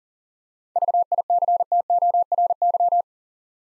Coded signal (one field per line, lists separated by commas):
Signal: Morse code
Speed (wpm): 39 wpm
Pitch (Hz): 700 Hz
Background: none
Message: VICTORY